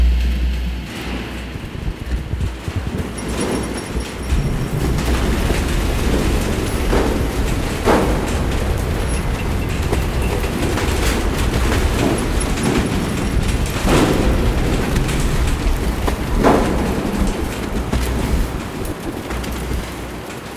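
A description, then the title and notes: Wind rumbles low and steadily throughout, while sharp banging knocks strike irregularly every few seconds, clustering around the middle of the recording. The Green House is made of polycarbonate. Makes interesting banging noises when it's windy.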